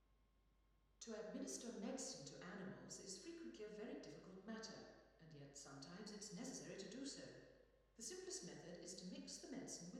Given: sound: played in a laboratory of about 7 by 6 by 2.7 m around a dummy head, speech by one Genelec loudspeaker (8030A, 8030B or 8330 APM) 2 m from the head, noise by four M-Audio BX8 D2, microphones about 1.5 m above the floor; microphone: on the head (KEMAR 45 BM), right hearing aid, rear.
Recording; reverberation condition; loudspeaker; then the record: female speech in English; high; behind (180 degrees)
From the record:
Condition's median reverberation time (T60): about 1300 ms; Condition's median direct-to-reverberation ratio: about -4.0 dB